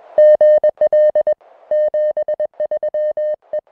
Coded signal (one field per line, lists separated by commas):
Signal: Morse code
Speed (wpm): 21 wpm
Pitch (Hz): 610 Hz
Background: music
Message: GL 73 E